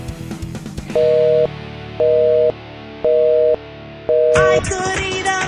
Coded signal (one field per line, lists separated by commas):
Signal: telephone call progress tone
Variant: North America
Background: music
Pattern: busy tone